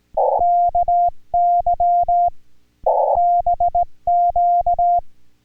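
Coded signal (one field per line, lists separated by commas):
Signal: Morse code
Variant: Korean alphabet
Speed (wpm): 18 wpm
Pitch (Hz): 700 Hz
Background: music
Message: 에 대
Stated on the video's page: Amateur radio contact in Korean Morse code.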